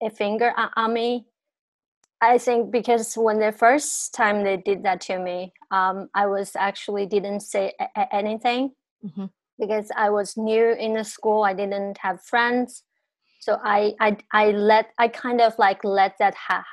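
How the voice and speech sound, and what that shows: An adult woman, born and raised in China, speaks with stuttering: repeated words such as "I, I, I", prolonged sounds and long silent pauses between phrases. Her stuttering began at about 5–6 years old and became much worse after bullying in eighth grade.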